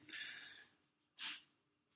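A soft, hissing intake of air lasting about half a second is followed, after a brief pause, by one short, sharp, hissy burst. Heard faintly in the background of a quiet room, it is a single ordinary sneeze from a dog named Hunter.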